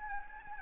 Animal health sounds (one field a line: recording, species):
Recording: mosquito wingbeat signal from an infrared sensor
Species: Anopheles gambiae